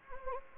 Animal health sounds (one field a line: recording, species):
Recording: mosquito wingbeat signal from an infrared sensor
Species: Anopheles gambiae